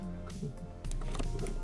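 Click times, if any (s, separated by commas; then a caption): none. A first RAM memory module is pressed evenly down into a motherboard DIMM slot over steady background music, with handling noises and a brief sharp sound near 0.9 s. The module is handled but not yet home: nothing has seated or clicked into the retention clips before the clip ends.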